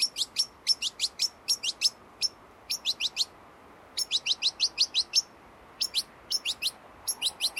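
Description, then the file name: European goldfinch producing fast runs of high, clipped chirps in tight clusters, a short gap midway, then more rapid chirping; faint hiss behind. "Carduelis carduelis"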